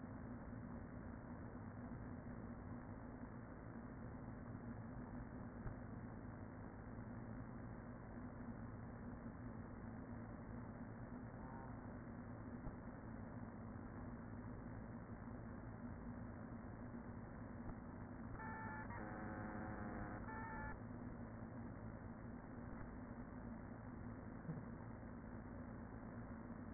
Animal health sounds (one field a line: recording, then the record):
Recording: honeybee colony, microphone inside the hive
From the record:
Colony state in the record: queen present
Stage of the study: after two queens were removed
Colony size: about 40,000 bees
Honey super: no